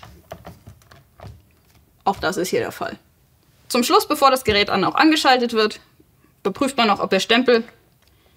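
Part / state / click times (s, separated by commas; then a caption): plunger stamp into CPR compression arm / not seated / none. During a function test of a corpuls cpr mechanical CPR device, the plunger stamp is handled for attachment to the compression arm before the device is switched on. A few faint taps and handling knocks sound in the first 1.3 seconds, then someone talks through the rest of the clip. The stamp has not yet snapped into place, and nothing has seated or clicked by the end.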